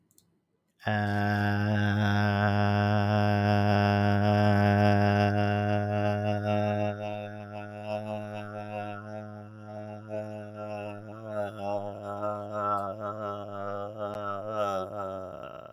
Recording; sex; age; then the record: vowel held as long as possible; male; 20 to 29 years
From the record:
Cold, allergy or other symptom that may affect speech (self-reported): no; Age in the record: 28 years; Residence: Pennsylvania, United States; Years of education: 18